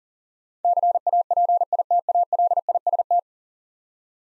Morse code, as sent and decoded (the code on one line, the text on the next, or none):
-.-. .- .--. .. - .- .-.. .. ... -
CAPITALIST